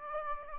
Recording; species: mosquito wingbeat signal from an infrared sensor; Aedes aegypti